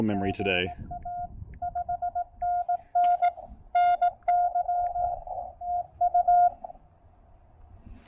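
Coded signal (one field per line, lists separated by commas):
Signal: Morse code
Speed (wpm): 18 wpm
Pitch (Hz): 700 Hz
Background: speech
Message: GA 5NN NY EU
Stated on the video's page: Rapid activation with a Discovery TX-500 transceiver, Elecraft T1 tuner and CHA MPAS Lite antenna.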